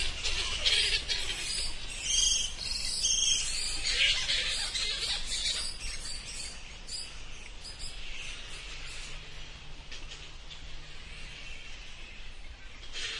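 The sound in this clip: Bats calling: dense, scratchy high squeaks and chatter in irregular bursts, louder early and then fading to a softer hiss.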